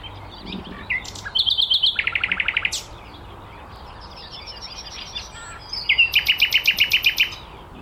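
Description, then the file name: Common nightingale song with a quick string of high notes, a rapid rattling run, a quieter gap, then another fast series of repeated notes. "Luscinia megarhynchos"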